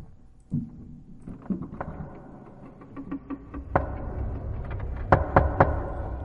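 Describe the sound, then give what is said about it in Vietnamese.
A person knocks on a living room door: a series of sharp knocks in a steady, deliberate rhythm, starting softly and building to several louder raps near the end, with no voices. “Tiếng gõ cửa rất có tiết tấu, nhất định là người.”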